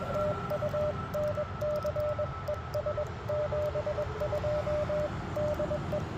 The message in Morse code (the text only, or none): TU NC ES 72 DE